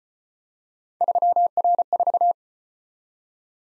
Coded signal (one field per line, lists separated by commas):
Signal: Morse code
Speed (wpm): 33 wpm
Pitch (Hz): 700 Hz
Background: none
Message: 3R4